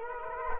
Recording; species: mosquito wingbeat signal from an infrared sensor; Culex quinquefasciatus